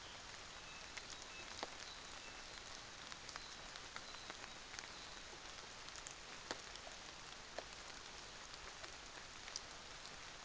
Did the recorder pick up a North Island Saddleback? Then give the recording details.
yes. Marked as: faintness 5/5. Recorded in New Zealand on 24 December 2018. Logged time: 06:00